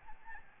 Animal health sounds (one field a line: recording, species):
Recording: mosquito wingbeat signal from an infrared sensor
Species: Aedes albopictus